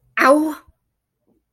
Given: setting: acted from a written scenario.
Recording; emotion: vocal sound without words; pain